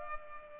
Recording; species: mosquito wingbeat signal from an infrared sensor; Culex pipiens